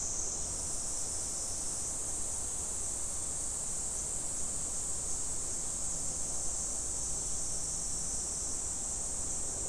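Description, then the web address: Cicada chorus, a steady high, hissing drone that holds unbroken throughout, with a faint low rumble underneath. Recorded on 19 July 2011. "fukudai cicada"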